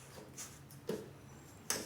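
An orange wiring harness connector is pushed into the PCM (engine control module) of a Jeep Wrangler TJ during a PCM/TCM replacement to fix codes P1603, P1604 and P0700. Faint ticks and a soft knock come first around 0.7 s and 0.9 s, then a sharp, bright click at 1.7 s as the connector seats fully.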